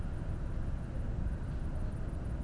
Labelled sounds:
none
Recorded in Germany
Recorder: ecoPi

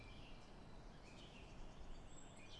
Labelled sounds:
Song Thrush
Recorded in Germany
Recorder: ecoPi

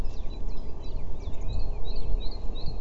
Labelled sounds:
Common Chiffchaff
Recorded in Germany
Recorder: ecoPi

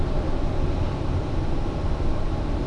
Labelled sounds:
none
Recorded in Germany
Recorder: ecoPi

